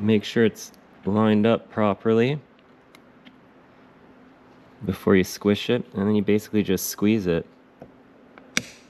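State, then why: Seated. Pliers squeeze a metal ear-type clamp around a rubber CV axle boot until its teeth engage. Someone talks over quiet pauses with a few faint ticks, then a single sharp click at 8.6 s marks the clamp seated shut.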